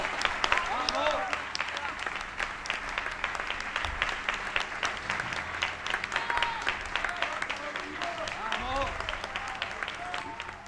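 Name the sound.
audience applause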